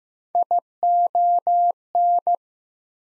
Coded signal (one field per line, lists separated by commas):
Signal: Morse code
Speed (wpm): 15 wpm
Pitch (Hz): 700 Hz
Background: none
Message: ION